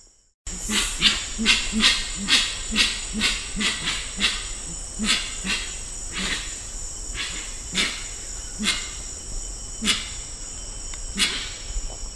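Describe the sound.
Grey-winged trumpeter giving a rapid run of low hooting notes that starts fast and then slows and spaces out, backed by a steady high insect drone.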